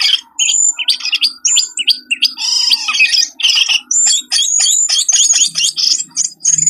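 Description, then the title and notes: Birds giving rapid harsh chatters and squawks, layered with a long low whistle that slowly rises and falls. Compilation of lure sounds meant to attract stubborn, wary birds that are hard to approach. "Suara Burung Bandel Yang Susah Mendekati. Kompilasi Suara Pikat Burung"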